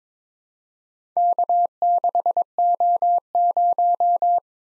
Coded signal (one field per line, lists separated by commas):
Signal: Morse code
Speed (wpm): 22 wpm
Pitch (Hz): 700 Hz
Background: none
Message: K6O0